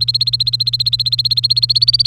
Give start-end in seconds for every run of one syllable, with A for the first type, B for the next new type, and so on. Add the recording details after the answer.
0.00-2.06 A. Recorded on 1 May 2018 at 07:16. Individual llb3